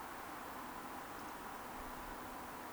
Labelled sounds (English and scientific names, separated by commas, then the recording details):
Eurasian Woodcock (Scolopax rusticola) whistle
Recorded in Baden-Württemberg, Germany, on 30 May 2021 at 20:11 UTC
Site 43323, 910 m above sea level